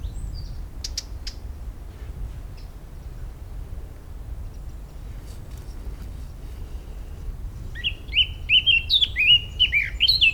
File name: Sylvia atricapilla